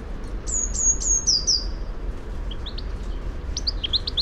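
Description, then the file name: Eurasian blue tit calling a quick series of five high, thin descending notes, followed by scattered short high chirps against a low background rumble. "Cyanistes caeruleus"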